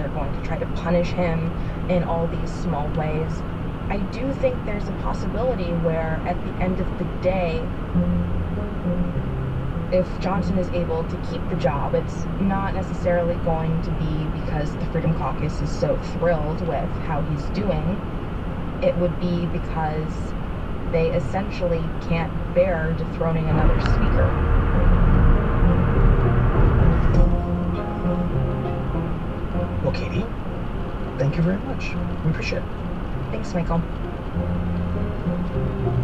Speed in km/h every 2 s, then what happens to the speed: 109, 109, 109, 109, 109, 111, 109, 109, 109, 109, 109, 108, 108, 108, 108, 105, 103, 103.
0-36 steady at about 109.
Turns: none.